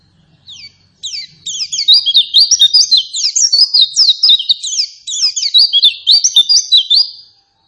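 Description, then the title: White-eye song: a quick, continuous outpouring of high, sharply slurred twittering notes, delivered in fast bursts for about six seconds after a soft opening chirp. Lure song of a vigorous, insistent pleci played to provoke other white-eyes to respond and answer back. "Pleci Gacor. Apapun plecinya AKAN LANGSUNG MERESPON dan NYAUT dengan pancingan pleci ngotot ini"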